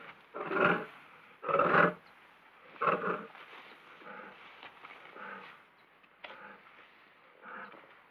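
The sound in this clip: Lion growling: three louder short bursts, then several softer grunts.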